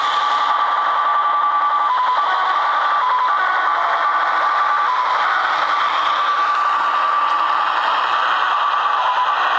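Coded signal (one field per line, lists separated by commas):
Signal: HF data modem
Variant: Slot Machine (XSL)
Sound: warbling tone hopping between two pitches near 1 kHz, over rattling, scraping noise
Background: radio static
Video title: Japanese 'Slot Machine' XSL 6249-6250khz/6.25mhz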